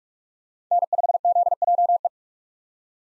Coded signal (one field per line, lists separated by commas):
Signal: Morse code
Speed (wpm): 42 wpm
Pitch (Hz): 700 Hz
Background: none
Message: N5ZJE